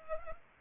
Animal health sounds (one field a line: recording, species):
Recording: mosquito wingbeat signal from an infrared sensor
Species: Culex pipiens